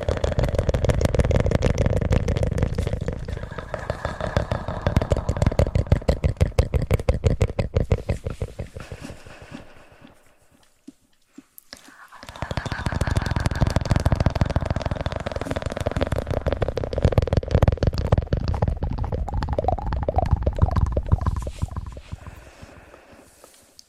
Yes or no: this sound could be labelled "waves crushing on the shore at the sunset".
no